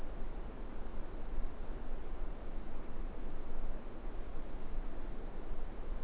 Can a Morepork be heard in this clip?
no